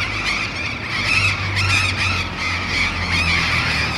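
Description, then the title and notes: Burrowing parrots give harsh, grating screeches, many birds overlapping in a continuous chorus, over a steady low rumble of traffic. Perched on urban overhead power lines at the corner of Humboldt and H. Yrigoyen, Barrio La Falda, Bahía Blanca. "Loros barranqueros (Cyanoliseus patagonus) en tendido eléctrico aéreo urbano. Humboldt esq. H. Yrigoyen. B° La Falda. Por Sonoteca Bahía Blanca"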